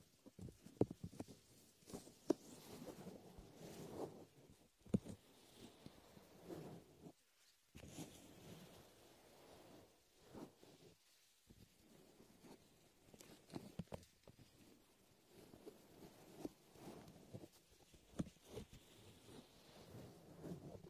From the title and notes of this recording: Latex ear massage with shaving foam for comfort.